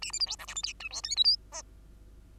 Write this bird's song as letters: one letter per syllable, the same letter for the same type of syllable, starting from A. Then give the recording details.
A B C D E F G H I J K L M N. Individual Bird2